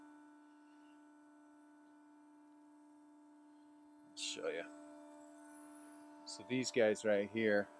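One of the two side hooks that hold the basket of a Carlsen and Associates wine basket press is being handled while a steady tonal hum runs underneath. Someone talks briefly around 4.2 seconds and again from about 6.3 seconds to the end. The hook has not yet snapped into place on the basket, and nothing has seated or clicked.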